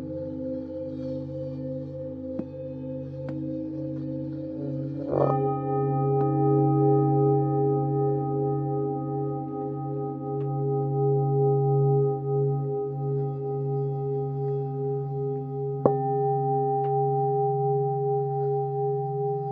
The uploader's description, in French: bols tibétains